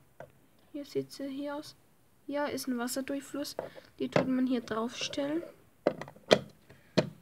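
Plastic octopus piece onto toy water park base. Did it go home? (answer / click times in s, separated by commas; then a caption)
yes / 7.0 s. A plastic giant-octopus water-flow piece from a Playmobil Aqua Park toy set is pressed onto its mounting spot on the water park base, sometimes needing to be turned until it sits right. Someone talks, then a few short plastic knocks and handling sounds follow, ending in a sharp click at 7.0 s as the piece seats.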